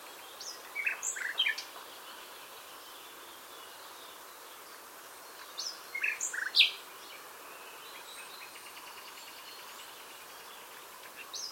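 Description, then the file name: Common nightingale song in two short bursts of mixed chirps and sharp notes, separated by a long pause, with faint high notes near the end. "Luscinia megarhynchos"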